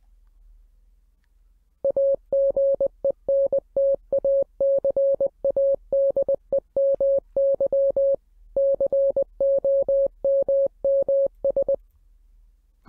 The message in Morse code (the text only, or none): AGENT ACADEMY COMMS